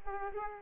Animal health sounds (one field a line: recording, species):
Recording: mosquito wingbeat signal from an infrared sensor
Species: Culex pipiens